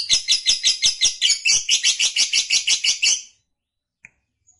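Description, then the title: Lovebird delivering about three seconds of fast, buzzy, pulsed chatter, then silence broken by two faint clicks. Fighter-type lovebird singing energetically in the gacor style. "Berkat SUARA Lovebird FIGHTER GACOR Ini"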